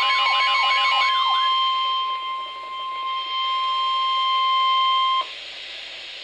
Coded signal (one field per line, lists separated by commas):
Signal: Emergency Alert System (SAME) tones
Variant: 1050 Hz attention tone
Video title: Real EAS #467 - Severe Thunderstorm Warning